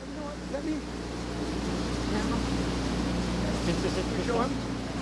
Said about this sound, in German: Es rumpelt, riecht nach Druckerfarbe und Maschinenöl. Automatisiert sind allenfalls Vorgänge im Inneren der Druckmaschinen.